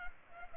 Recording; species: mosquito wingbeat signal from an infrared sensor; Culex pipiens